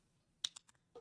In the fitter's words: You hear that click? Okay, so that means it's done. It's connected.